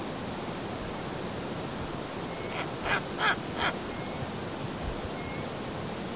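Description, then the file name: Snowy owl calling with a quick series of three rough, barking notes near the middle, set against constant hissing noise. "fjalluggla"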